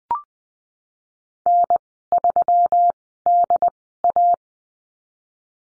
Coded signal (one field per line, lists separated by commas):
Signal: Morse code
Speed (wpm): 20 wpm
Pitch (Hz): 700 Hz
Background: none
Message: N3DA